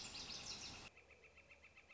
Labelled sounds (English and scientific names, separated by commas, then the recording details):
Northern Flicker (Colaptes auratus)
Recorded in Sonoma County, California